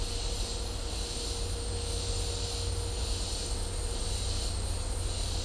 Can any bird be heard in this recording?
no